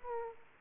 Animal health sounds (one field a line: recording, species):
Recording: mosquito wingbeat signal from an infrared sensor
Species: Aedes aegypti